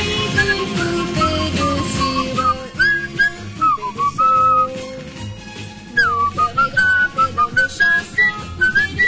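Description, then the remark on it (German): Several people whistle a melody together in a loose, slightly uneven chorus, the wavering tune rising and falling over a steady musical backing, with no talking. “Konzentriert euch mal. Das ist immer ein schöner Pfeifenchor.”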